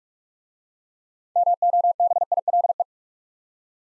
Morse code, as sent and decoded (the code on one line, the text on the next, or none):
-- --- -... .. .-.. .
MOBILE